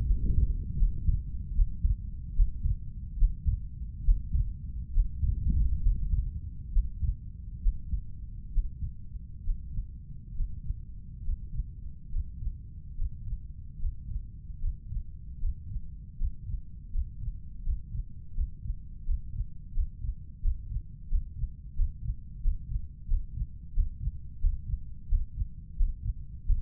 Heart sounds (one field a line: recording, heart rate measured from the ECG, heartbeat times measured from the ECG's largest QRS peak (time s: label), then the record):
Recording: heart sounds by stethoscope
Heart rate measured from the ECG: 77 bpm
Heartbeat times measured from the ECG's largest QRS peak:
0.05 s: heartbeat
0.76 s: heartbeat
1.53 s: heartbeat
2.33 s: heartbeat
3.16 s: heartbeat
4.02 s: heartbeat
4.91 s: heartbeat
5.80 s: heartbeat
6.70 s: heartbeat
7.60 s: heartbeat
8.50 s: heartbeat
9.41 s: heartbeat
10.32 s: heartbeat
11.21 s: heartbeat
12.08 s: heartbeat
12.93 s: heartbeat
13.76 s: heartbeat
14.57 s: heartbeat
15.37 s: heartbeat
16.15 s: heartbeat
16.89 s: heartbeat
17.61 s: heartbeat
18.32 s: heartbeat
19.02 s: heartbeat
19.71 s: heartbeat
20.39 s: heartbeat
21.06 s: heartbeat
21.73 s: heartbeat
22.40 s: heartbeat
23.06 s: heartbeat
23.72 s: heartbeat
24.39 s: heartbeat
25.07 s: heartbeat
25.75 s: heartbeat
26.44 s: heartbeat
From the record:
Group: healthy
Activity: breath hold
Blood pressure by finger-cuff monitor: 103/67 mmHg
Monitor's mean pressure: 77 mmHg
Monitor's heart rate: 73 bpm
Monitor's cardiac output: 5.8 L/min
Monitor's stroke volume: 77 mL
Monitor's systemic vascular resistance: 910 dyn s/cm5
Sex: male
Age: 35 years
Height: 180 cm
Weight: 86.9 kg